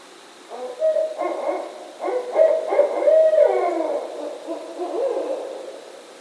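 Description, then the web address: Barred owl giving a run of deep, wavering hoots that rise and fall, with harsh cackling notes mixed in over a quiet background hiss. Recorded on 19 November 2010. "Barred Owl 2010 11 19"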